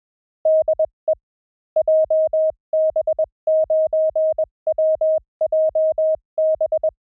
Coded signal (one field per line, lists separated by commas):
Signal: Morse code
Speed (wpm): 21 wpm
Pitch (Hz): 630 Hz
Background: none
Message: DE JB9WJB